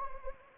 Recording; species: mosquito wingbeat signal from an infrared sensor; Anopheles arabiensis